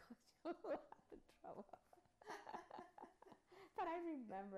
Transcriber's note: she laughs